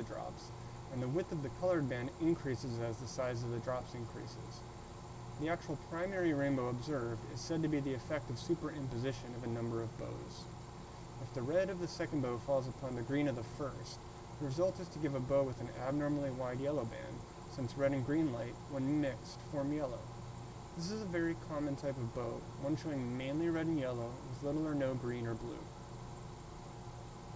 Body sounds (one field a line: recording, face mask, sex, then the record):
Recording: reading aloud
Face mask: surgical mask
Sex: male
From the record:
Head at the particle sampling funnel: tilted up or above it, chin in front of it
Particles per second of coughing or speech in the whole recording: 0.333